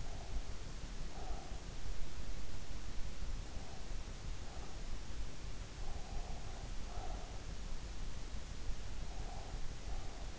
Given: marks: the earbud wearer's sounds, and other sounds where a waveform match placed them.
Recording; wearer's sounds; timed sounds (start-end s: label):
sounds in sleep by an in-ear microphone; breath
0.00-1.56 s: breath
3.54-4.81 s: breath
6.01-7.31 s: breath
9.16-10.39 s: breath